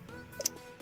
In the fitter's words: nice nice click and uh we'll do that one in the second there's our